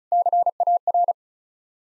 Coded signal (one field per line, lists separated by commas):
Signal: Morse code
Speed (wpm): 36 wpm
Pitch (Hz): 700 Hz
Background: none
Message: CAR